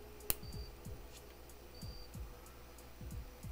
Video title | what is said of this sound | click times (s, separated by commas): LEGO Ship in a Bottle (92177) | the sale is going to click right in there | 0.3 s